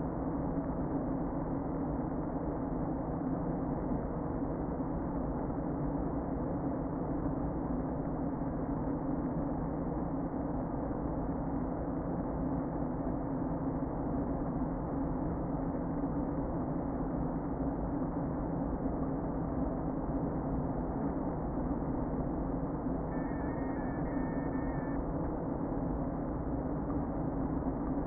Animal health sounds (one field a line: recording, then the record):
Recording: honeybee colony, microphone inside the hive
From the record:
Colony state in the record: queen present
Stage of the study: before two queens were removed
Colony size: about 60,000 bees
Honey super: yes